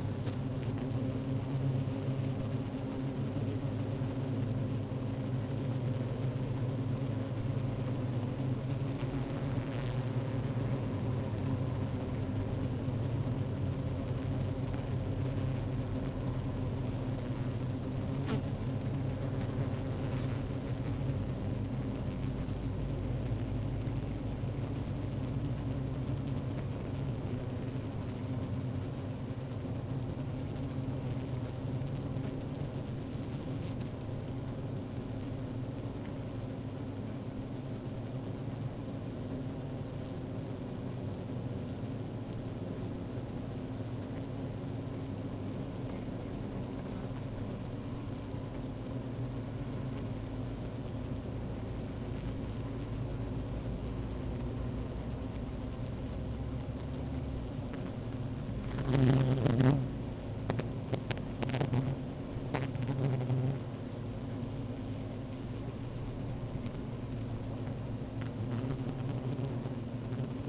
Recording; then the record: honeybee colony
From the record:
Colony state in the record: active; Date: 28 July 2017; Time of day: 15:48